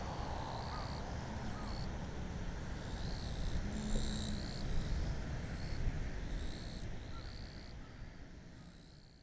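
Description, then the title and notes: Japanese bush cricket song chorus: overlapping high buzzy bursts that thin out toward the end, with a broad low rumble swelling midway. Chorusing actively in daytime blazing heat, 5 August 2020, Kariwa, Niigata, Japan; same spot as a night recording; ZOOM H6 with Sennheiser MKH8020. "炎天下のキリギリス. 新潟県刈羽村"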